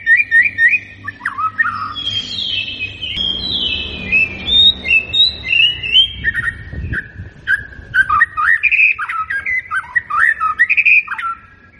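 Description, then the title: White-rumped shama giving a varied, chirpy warbling song of slurred whistles and short trills, rising and falling in pitch throughout. Lure recording meant to make the bird respond; bird described as gacor (singing energetically). "PANCINGAN MURAI BATU GACOR"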